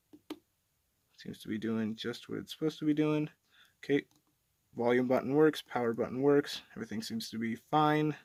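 A replacement phone screen assembly for an LG Optimus Exceed 2 is pushed down into the phone frame and gives a single sharp click at 0.3 s as it seats into place. Afterward, someone talks while the volume and power buttons are checked and found to work.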